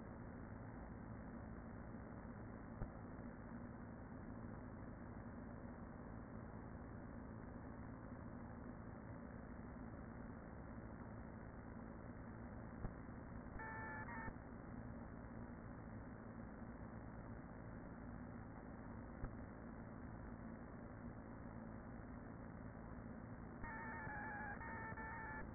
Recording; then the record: honeybee colony, microphone inside the hive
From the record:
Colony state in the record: queen present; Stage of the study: after two queens were removed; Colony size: about 40,000 bees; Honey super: no